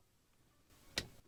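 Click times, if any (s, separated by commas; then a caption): 1.0 s. A crimped contact pin on a solar panel cable, for 450 W portable solar panels on a Northern Lite 10.2, is pushed into a plastic solar connector housing. After a quiet stretch with faint handling noise, a single sharp, bright click sounds at 1.0 s. The pin is seated in the housing.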